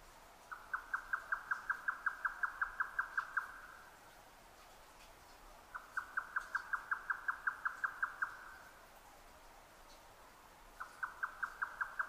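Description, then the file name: Grey nightjar song: rapid series of hollow knocking notes in bursts of about three seconds, separated by short pauses. Recorded 12 June 2009 at 22:41. "yotaka-20090612-2241"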